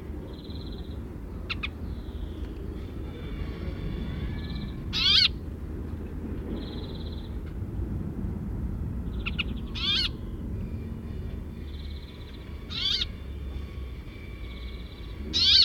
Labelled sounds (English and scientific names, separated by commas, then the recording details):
Brambling (Fringilla montifringilla)
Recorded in captivity
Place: Bergen, Insel Rügen, Mecklenburg-Vorpommern, DE
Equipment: Nagra III BH, Sennheiser MD 21, parabola
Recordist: Schubert, Michael